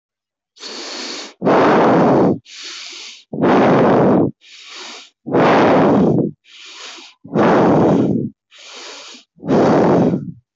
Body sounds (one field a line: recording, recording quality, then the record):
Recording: shallow breathing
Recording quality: excellent, no background noise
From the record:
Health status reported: healthy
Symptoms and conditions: none ticked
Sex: male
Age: 19 years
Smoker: not ticked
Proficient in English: yes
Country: India